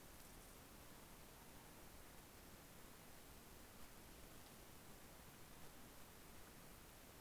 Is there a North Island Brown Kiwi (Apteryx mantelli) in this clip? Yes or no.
no